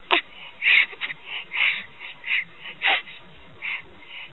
Infant Hiccup.